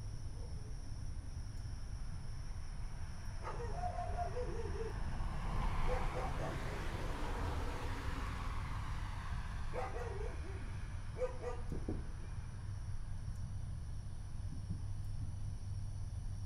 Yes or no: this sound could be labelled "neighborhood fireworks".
yes